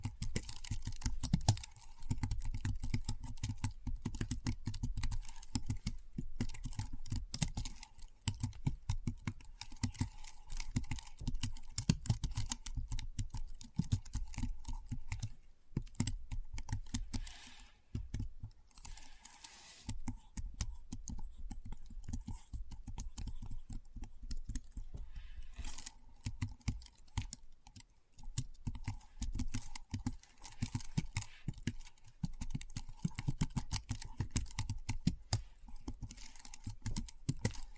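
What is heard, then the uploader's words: Keyboard typing sounds, a rapid, dense stream of clicky keystrokes running through the whole clip with little letup. The tapping keeps a fairly even pace, with brief lulls near 16–19 seconds and around 26 seconds before resuming. ASMR Keyboard Sounds (No Talking).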